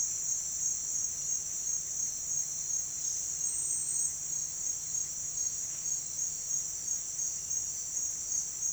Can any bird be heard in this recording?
no